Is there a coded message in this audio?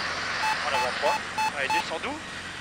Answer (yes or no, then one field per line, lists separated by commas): no